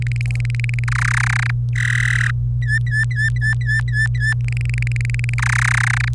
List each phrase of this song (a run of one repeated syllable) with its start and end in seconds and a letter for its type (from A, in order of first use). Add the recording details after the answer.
0.00-0.84 A, 0.88-1.51 B, 1.75-2.31 C, 2.63-4.34 D, 4.40-5.34 A, 5.38-6.08 B. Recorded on 25 April 2018 at 17:07. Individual llb3